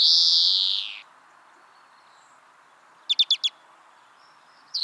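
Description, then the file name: European greenfinch call: a long, wheezy buzz fading downward, then a short fast run of four chirps, and the start of another note at the end. "Chloris chloris"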